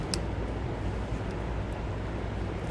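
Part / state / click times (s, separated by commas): harness wire connector onto relay terminal / seated / 0.1 s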